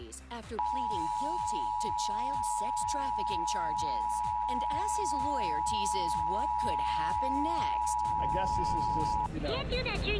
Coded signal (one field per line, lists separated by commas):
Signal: Emergency Alert System (SAME) tones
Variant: 853 and 960 Hz attention tone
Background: speech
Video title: Arkansas EAS Required Monthly Test - KETS (Arkansas PBS)/KATV/KLRT, 5/18/2021